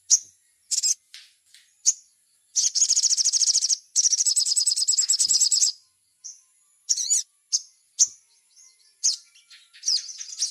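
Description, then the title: Little spiderhunter song, isolated sharp high chips, then two rapid pulsed trills of over a second each, and more scattered chips afterward. Masteran, a training recording of the song. "Masteran Burung Sogok Ontong Labaik"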